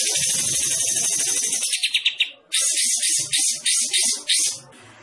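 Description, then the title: Bulbul song: long dense high-pitched chattering, then clipped pulses and a sequence of grating buzzy bursts before falling quiet. Described as gacor, singing actively. "Kapas Tembak Gacor"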